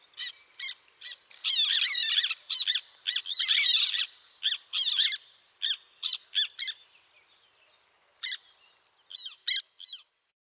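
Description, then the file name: Black tern calls: an intense burst of rapid, harsh chattering early on, then spaced single sharp notes with a brief quieter gap. "rybitwaczarna"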